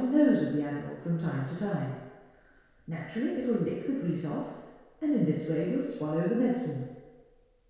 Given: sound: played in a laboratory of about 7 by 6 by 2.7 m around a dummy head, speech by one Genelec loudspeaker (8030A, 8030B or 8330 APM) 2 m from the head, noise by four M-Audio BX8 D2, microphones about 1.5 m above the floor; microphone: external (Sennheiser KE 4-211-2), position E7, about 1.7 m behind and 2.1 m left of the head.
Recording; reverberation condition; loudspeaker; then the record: female speech in English; high; 120 degrees to the left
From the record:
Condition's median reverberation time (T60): about 1300 ms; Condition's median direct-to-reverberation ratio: about -4.0 dB